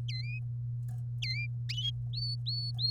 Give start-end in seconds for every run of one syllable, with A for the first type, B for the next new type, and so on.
0.08-0.39 A, 1.22-1.47 A, 2.14-2.91 B